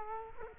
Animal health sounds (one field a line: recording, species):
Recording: mosquito wingbeat signal from an infrared sensor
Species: Culex quinquefasciatus